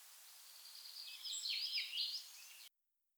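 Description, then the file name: Common chaffinch song, fairly faint: one quick descending trill with a closing flourish over steady background hiss, then an abrupt cut to silence. "Fringilla coelebs"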